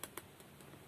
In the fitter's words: такого характерный щелчок уставилась смотрим